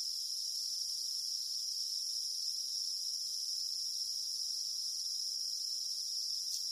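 Cicada song, an even, sustained high-pitched buzz that never pauses.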